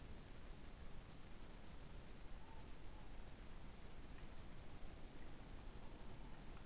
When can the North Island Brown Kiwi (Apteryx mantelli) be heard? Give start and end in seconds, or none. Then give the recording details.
none. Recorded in New Zealand on 14 December 2015. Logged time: 00:43. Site CG68